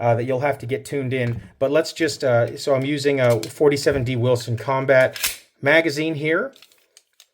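Someone talks while holding a steel 47D Wilson Combat magazine at the magazine well of a Colt Competition 1911 .45 ACP pistol, then brief faint handling ticks follow near the end. The magazine is handled but not yet home; nothing has seated or clicked yet.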